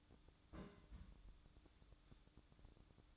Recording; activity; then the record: daily activity, microphone in the room; place on stove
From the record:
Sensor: 3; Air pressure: 1008.0 hPa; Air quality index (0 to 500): 115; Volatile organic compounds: 1 ppm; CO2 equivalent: 959 ppm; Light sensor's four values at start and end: 8/20/8/8 and 8/20/8/8